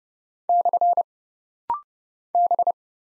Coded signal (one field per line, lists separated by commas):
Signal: Morse code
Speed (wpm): 31 wpm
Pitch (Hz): 700 Hz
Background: none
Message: / B